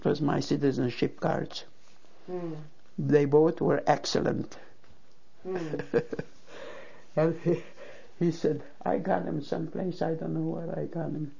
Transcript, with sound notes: It was my citizenship cards. They both were excellent. ( she laughs ) And he said, "I got them someplace. I don't know where I got them."